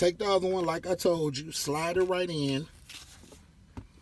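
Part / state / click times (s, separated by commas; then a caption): ignition lock cylinder into steering column ignition housing / seated / 3.8 s. Someone talks while a new ignition lock cylinder is slid into the steering column ignition housing of a 2006 Trailblazer. A short, sharp click is heard at 3.8 s as the cylinder seats, which means it is locked in place.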